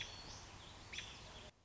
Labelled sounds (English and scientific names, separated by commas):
American Robin (Turdus migratorius)